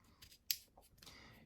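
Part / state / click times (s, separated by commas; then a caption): landing gear leg in a toy starship hull / released / 0.5 s. A landing gear leg on a small plastic Micro Galaxy Squadron T-70 X-Wing toy starship is pulled out of its closed, clicked-in position. It releases with one sharp, bright click at 0.5 s, among a few faint handling ticks. The gear clicks back out.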